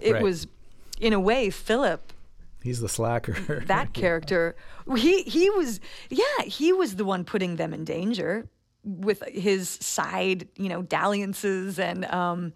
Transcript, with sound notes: It was, in a way, Philip...
He's the slacker (laughter).
That character - he was - yeah, he was the one putting them in danger with his side, you know, dalliances